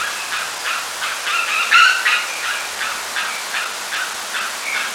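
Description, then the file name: Bird calls: rapid repeated chattering notes with a brief louder burst in the middle, against steady background hiss. "SABIOD"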